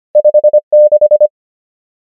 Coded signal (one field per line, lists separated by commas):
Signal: Morse code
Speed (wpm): 25 wpm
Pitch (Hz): 600 Hz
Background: none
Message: 5 6